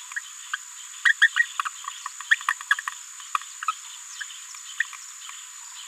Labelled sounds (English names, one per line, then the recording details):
Green-rumped Parrotlet babbling
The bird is a female
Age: 27 days
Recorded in a nest box in Venezuela
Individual 17B73B2